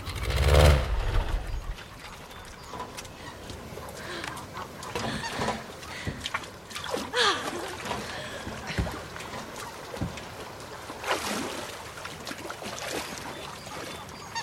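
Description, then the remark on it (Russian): Water splashes and sloshes in irregular bursts as a mother wades into a small lake by a barn, opening with a heavy low thump, while scattered goose clucks and honks break through now and then. “Мама входит в воду, обнимает Тома.”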